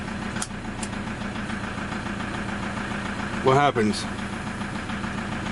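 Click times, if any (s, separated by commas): 0.4 s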